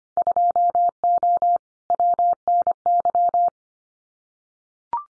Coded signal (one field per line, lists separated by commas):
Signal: Morse code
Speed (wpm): 25 wpm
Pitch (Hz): 700 Hz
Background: none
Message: 2O WNY